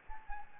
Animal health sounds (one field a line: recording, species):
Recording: mosquito wingbeat signal from an infrared sensor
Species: Anopheles gambiae